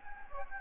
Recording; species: mosquito wingbeat signal from an infrared sensor; Anopheles gambiae